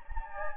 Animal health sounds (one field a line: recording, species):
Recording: mosquito wingbeat signal from an infrared sensor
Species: Anopheles gambiae